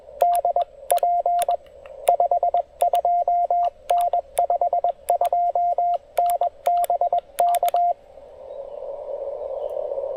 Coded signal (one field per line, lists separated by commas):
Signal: Morse code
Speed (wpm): 21 wpm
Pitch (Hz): 700 Hz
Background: radio noise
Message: DP 52N 52N BK